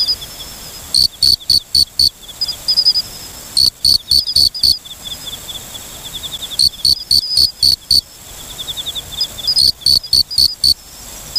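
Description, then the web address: Forest okame cricket delivering four bursts of five or six clipped, high chirps, roughly three seconds apart, with soft rapid insect ticking between bursts. "sikioto insect moriokamekourogi"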